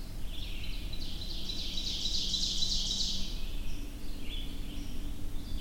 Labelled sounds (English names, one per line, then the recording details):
Ovenbird song
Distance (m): 45 m
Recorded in boreal forest in Alberta, Canada, on 22 June 2016 at 05:43
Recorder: SongMeter 3, array SBT-6-76
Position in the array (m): 281 m, 108 m
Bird 1